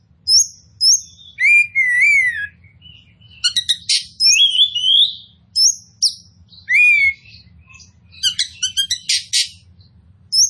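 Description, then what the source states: Oriental magpie-robin singing short bright whistled notes and slurred phrases, separated by brief pauses, mixed with quick clicking chips. Kacer poci form of the bird, described as gacor, meaning singing vigorously and constantly.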